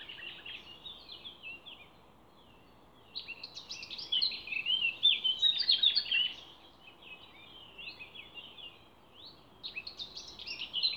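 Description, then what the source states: Songbird song: bursts of quick high twittering and warbling, loudest midway, separated by short pauses and ending with another lively phrase over background hiss. Songbird songs recorded 29 April 2020 in scrubland at Ježdovec, by the lake at Rakitje, and in Stupnik forest.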